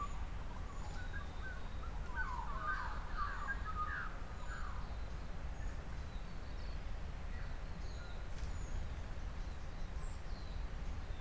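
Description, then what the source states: Birds in a dawn chorus: a quick burst of chirping, warbling notes, then scattered thin high calls over a steady, rushing low background noise. Temperate dawn chorus in New Zealand.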